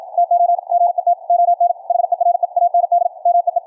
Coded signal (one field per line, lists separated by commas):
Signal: Morse code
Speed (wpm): 53 wpm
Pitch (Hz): 700 Hz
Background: none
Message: TO GET ON HERE AND MEE